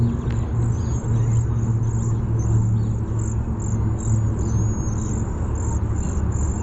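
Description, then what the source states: Cedar waxwing calls: very high, thin, hissing seee notes in a steady band above a loud low rumble. Bzee-seee call type.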